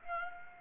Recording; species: mosquito wingbeat signal from an infrared sensor; Aedes aegypti